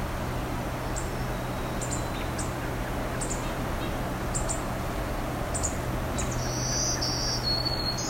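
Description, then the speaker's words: Green warbler giving thin, very high chip notes repeated irregularly, ending in a brief high twittering run, over a low steady hum. Two green warblers heard fighting, not seen. "Sounds like we have two green warblers fighting now."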